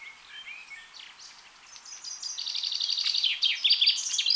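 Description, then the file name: Common chaffinch song: a few soft introductory notes, then a loud series of rapidly repeated notes ending in a bright flourish. "Fringilla coelebs"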